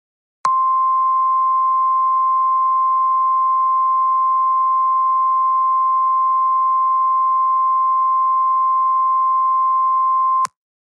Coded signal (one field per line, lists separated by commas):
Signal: Emergency Alert System (SAME) tones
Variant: 1050 Hz attention tone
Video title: When Hurricanes Collide - EAS Scenario #3